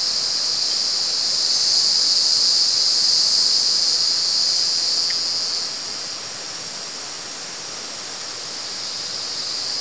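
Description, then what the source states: Cicada buzz, loud and shrill in the first half, then dropping away to a softer hiss in the later seconds. At San Ramon.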